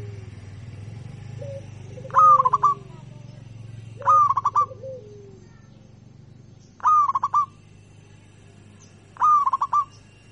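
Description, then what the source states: Zebra dove song, four bursts of rapid stuttering coos spaced two to three seconds apart, with a few lower sliding notes and a steady low hum. Local (lokal) bird, chirping.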